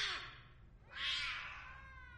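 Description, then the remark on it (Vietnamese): A jet-black cat with glossy fur, at a man's feet, lets out two drawn-out meows, the second louder and higher, with a strained, slightly wailing tone and no talking. “Phía sau, bên dưới chân của anh là một con mèo đen tuyền.”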